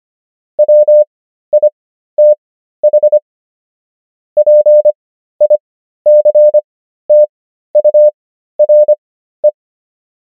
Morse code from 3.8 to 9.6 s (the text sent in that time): PICTURE